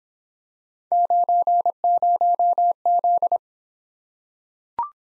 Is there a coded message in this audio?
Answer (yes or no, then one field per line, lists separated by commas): yes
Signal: Morse code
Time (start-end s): 0.9-3.4 s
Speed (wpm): 25 wpm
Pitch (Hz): 700 Hz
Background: none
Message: 90Z